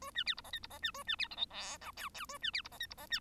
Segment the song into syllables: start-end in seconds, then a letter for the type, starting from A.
0.01-0.11 A, 0.15-0.24 B, 0.26-0.34 C, 0.37-0.41 D, 0.44-0.51 E, 0.53-0.59 F, 0.63-0.67 D, 0.70-0.79 E, 0.82-0.91 B, 0.94-1.03 A, 1.07-1.16 B, 1.18-1.28 C, 1.30-1.36 G, 1.37-1.45 H, 1.50-1.78 I, 1.81-1.91 J, 1.97-2.09 K, 2.14-2.26 K, 2.29-2.38 A, 2.41-2.51 B, 2.53-2.62 C, 2.64-2.69 D, 2.71-2.78 E, 2.80-2.86 F, 2.90-2.94 D, 2.97-3.06 E, 3.10-3.19 B